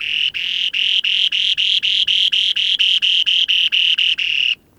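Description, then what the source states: Spoon-billed Sandpiper song, a fast series of about eighteen high, buzzy notes, steady in pitch, ending abruptly. Recorded in the far northeast of Russia, on the breeding grounds, where as few as 100 remaining pairs breed each summer.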